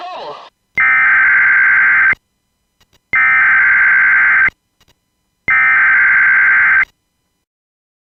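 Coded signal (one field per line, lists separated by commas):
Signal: Emergency Alert System (SAME) tones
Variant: header bursts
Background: speech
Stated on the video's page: Fictional scenario based on the game Grand Theft Auto San Andreas; contains valid EAS tones.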